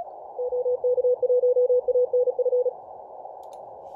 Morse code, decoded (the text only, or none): OK1ANF